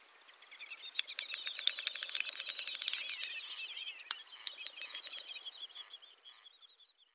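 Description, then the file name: Great snipe display song, a dense run of fast dry clicks mixed with high warbling twitters, swelling for several seconds then fading out. "dubelt"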